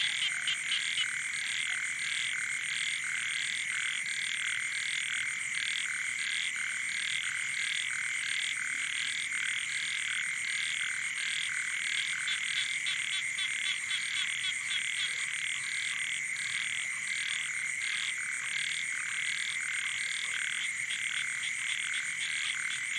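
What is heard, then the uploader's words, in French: Frogs call densely at a lakeside at night, a constant chorus of rapid, pulsing croaks and trills with no pause. Several high, bright, ringing tones hold steady above the chorus throughout, while the low range stays quiet and empty of other sounds. Soirée aux batraciens - Cambodge. Sur le bord du lac "Boeng Thum" vers 23h00 au moment ou le silence des hommes laisse place au monde sauvage.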